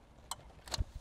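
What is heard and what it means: The male side of a Beat-Sonic amplifier harness is pushed into the radio connector of a 2024 Toyota RAV4. A sharp tick comes at about 0.3 s, then a brief rustle and a bright click at 0.8 s, followed by a low bump. The connector clicks and seats at 0.8 s.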